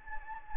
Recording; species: mosquito wingbeat signal from an infrared sensor; Anopheles gambiae